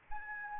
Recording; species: mosquito wingbeat signal from an infrared sensor; Aedes albopictus